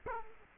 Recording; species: mosquito wingbeat signal from an infrared sensor; Culex quinquefasciatus